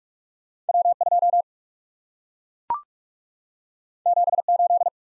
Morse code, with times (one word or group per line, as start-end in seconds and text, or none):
0.7-0.9 W
1.0-1.4 2
4.1-4.4 7
4.5-4.9 8